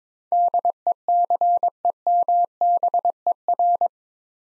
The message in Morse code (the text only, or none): DECEMBER